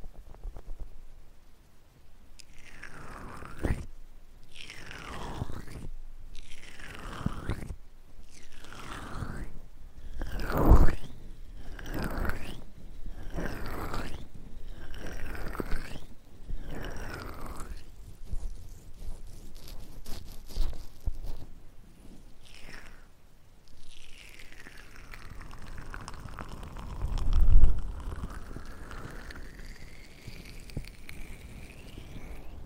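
Ear cleaning sounds: a run of rhythmic swishing scrapes, about one per second, for the first fifteen seconds. Denser crackling rustles follow, then a long, slow sweeping stroke near the end, with soft low thumps around 11 and 27 seconds.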